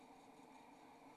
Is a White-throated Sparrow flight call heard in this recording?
no